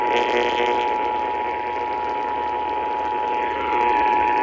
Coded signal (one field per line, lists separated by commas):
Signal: Emergency Alert System (SAME) tones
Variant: 853 and 960 Hz attention tone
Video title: KDKA TOR EAS-626